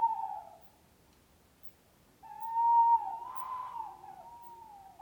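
Owl calls, a short hoot falling from about mid pitch, then after a pause a longer steady whistled hoot that wavers and breaks into a rougher, quavering note.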